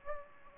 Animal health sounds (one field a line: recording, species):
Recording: mosquito wingbeat signal from an infrared sensor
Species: Aedes aegypti